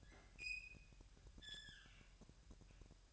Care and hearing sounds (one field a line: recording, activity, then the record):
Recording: daily activity, microphone in the room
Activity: open fridge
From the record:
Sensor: 2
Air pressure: 1001.8 hPa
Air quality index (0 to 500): 250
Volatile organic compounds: 39 ppm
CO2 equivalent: 3125 ppm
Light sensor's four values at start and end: 8/28/11/10 and 8/28/11/10